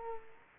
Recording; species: mosquito wingbeat signal from an infrared sensor; Culex quinquefasciatus